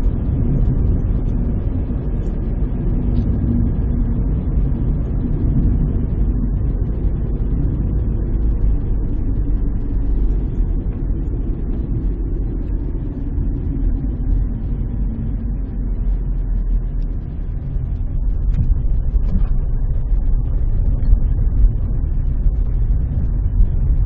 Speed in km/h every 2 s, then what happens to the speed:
50, 47, 44, 40, 36, 33, 26, 19, 15, 13, 15, 16.
0-17 slows to 13. 17-24 steady at about 15.